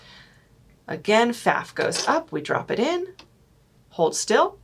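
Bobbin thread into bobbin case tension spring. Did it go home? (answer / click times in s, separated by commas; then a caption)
no / none. Someone talks while dropping a bobbin into a Pfaff sewing machine, one of the Icon and Expression models, and holding it still to pull the bobbin thread into the bobbin case tension spring. Only speech is heard over a quiet background, with no distinct mechanical sounds. Nothing has seated or clicked yet.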